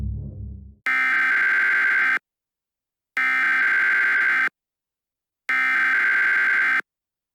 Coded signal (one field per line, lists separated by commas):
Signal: Emergency Alert System (SAME) tones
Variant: header bursts